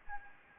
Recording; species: mosquito wingbeat signal from an infrared sensor; Anopheles gambiae